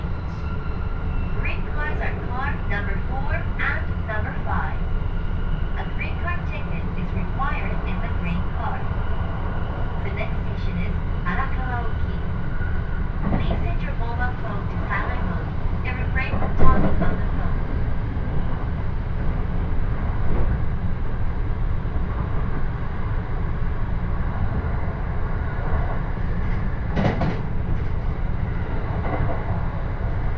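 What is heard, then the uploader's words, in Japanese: A Joban Line local train rolls along with a steady, low rumble and a constant hum under everything. Voices come and go through the first seventeen seconds, a brief louder knock lands near sixteen seconds, and a sharp click follows near twenty-seven. 耳で楽しむ鉄道旅 常磐線普通 石岡→土浦→取手。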